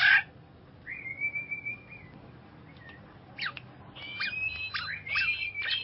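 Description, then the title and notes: Bird song opening with a sharp burst, then a steady level whistle, followed by quick chirps and fluttering high notes in the last two seconds. "Bird Sound. Kicau Burung Lengkap"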